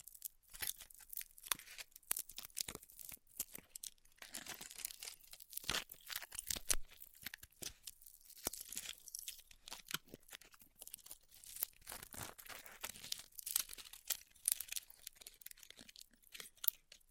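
Styrofoam heat cutting produces a continuous run of dense, bright crackling and tearing sounds. Sharp clicks and short crunchy bursts pile up irregularly, several per second, with louder flurries around two, six, and twelve seconds and only brief near-silent gaps.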